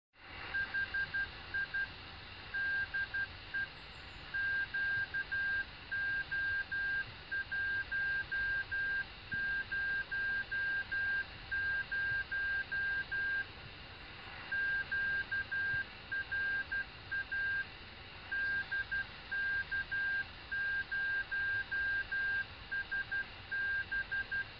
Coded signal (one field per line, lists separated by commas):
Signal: Morse code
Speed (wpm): 12 wpm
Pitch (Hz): 1600 Hz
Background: none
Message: HI DE QO100 QRA DK0SB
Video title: QO-100 CW beacon